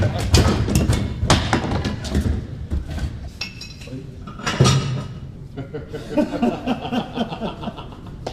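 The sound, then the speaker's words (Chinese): A secretary's wooden chair is smashed into small pieces of wood in a burst of loud, irregular thuds and sharp cracks, then another heavy blow midway and scattered clatter after. Voices murmur and chuckle faintly underneath. “这是舒斯秘书的椅子，我现在马上让它变成一堆小木头。”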